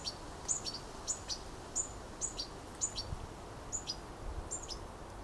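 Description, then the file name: European goldfinch calls, quick bright high-pitched chirps in a loose series, with constant low background noise. "Carduelis carduelis"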